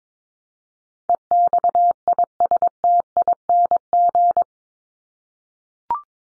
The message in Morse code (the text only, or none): EXISTING